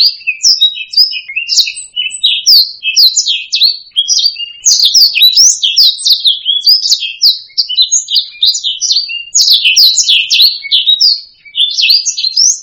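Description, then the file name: Black-throated laughingthrush pouring out a long, continuous, energetic song of high slurred whistles and chattering notes, barely pausing throughout. "suara kicauan burung blacksang. omkicau"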